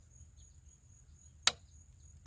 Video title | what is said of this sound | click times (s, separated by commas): Ford Bronco Outer Banks 2.7L Turbo Oil Change | you hear that click | 1.5 s, 2.3 s